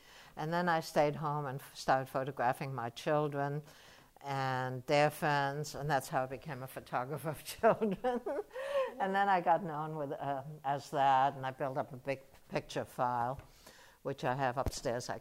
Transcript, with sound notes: And then I stayed home and started photographing my children and their friends. And that's how I became a photographer of children. [laughs] And then I got known with — as that and I built up a big picture file, which I have upstairs.